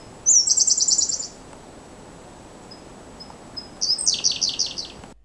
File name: L cyana-song